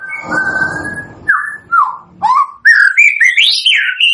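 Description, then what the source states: White-rumped shama song: a long whistled note over rustling, then separate descending whistles and a rising, varied run of clear notes. Lure used for bird trapping (pikat); gacor (lively) singing.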